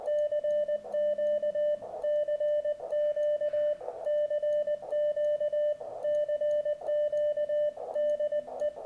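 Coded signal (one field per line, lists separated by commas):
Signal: Morse code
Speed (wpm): 20 wpm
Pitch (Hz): 600 Hz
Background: radio noise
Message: CQ CQ CQ CQ DE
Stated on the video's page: Sent on a Begali Traveler's Light Morse key, described as smooth, precise and fast; edited from a livestream.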